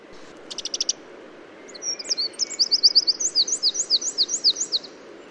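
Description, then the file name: Eurasian wren singing a shrill, rapid series: a quick cluster of ticks, then piercing high notes speeding into a long, even trill, with constant low rushing noise behind. "Troglodytes troglodytes"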